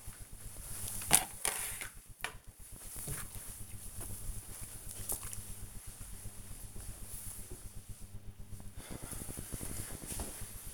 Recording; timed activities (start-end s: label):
household activities, microphone on the right wrist
0.00-5.28 s: floor cleaning